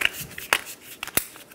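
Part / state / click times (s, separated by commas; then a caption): plastic cover onto metal fuel tank strap / not seated / none. A plastic protective cover is handled and pressed onto a new metal fuel tank strap while replacing the fuel tank straps on a 2000-2007 Ford Focus. Sharp plastic hits sound at 0.1, 0.5 and 1.2 seconds over light rustling handling noise. Nothing has seated or clicked into place yet.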